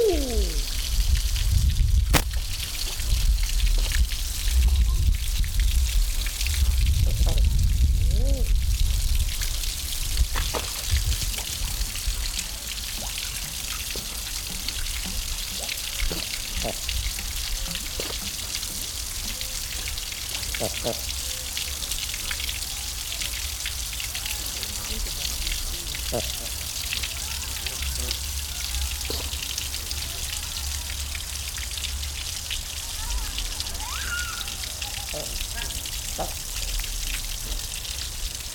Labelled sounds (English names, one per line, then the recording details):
Common Eider courtship call
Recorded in captivity
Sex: diverse
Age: diverse
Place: Zoo Halle, Sachsen-Anhalt, DE
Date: 1997-03-22 16:53
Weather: Schnee bis Regen, um 0°C
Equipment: Sony MD-WM MZ-R3, Sennheiser MKH 416 T, Kopie Uher 4000 Report Monitor
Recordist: Tembrock, Günter